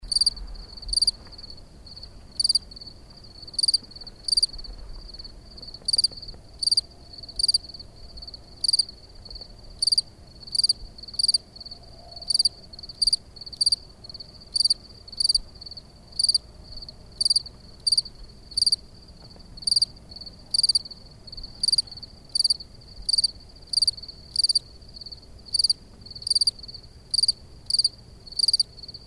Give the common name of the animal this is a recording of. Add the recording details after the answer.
Field Cricket. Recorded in the wild. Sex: male. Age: adult. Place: Schönow, Naturpark Barnim, Brandenburg, DE. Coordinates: 52.6858, 13.5161. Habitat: heather. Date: 2013-06-07 23:25. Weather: clear, windless, 15°C. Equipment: Sound Devices 702, Sennheiser MKH 70, Rycote Windschutz. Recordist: Frommolt, Karl-Heinz